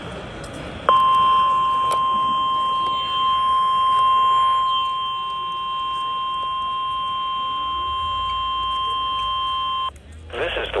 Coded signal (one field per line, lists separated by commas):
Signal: Emergency Alert System (SAME) tones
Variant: 1050 Hz attention tone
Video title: NWS Los Angeles/Oxnard Weekly EAS Test (3/15/23) (EAS #908-909)